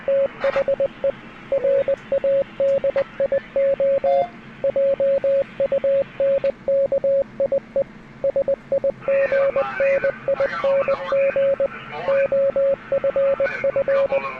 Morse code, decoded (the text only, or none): THE RADIO JUNKIE SIGNING OFF